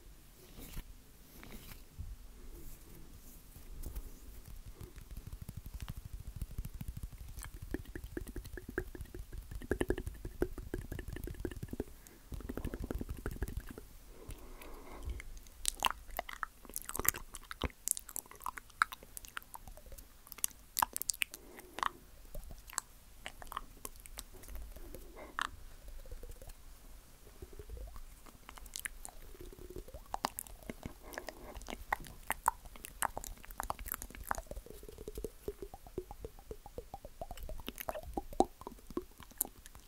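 Mouth sounds of wet chewing and crunchy bites, with a low rumbling first thirteen seconds giving way to dense, irregular clicks and smacks.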